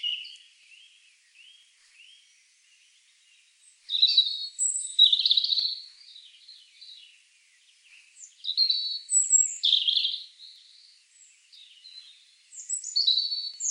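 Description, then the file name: European robin singing: a few soft, thin notes at first, then louder liquid phrases mixing high whistles, trills and twittering, delivered in bursts with brief silences between. "Erithacus rubecula"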